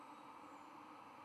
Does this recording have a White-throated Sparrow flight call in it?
no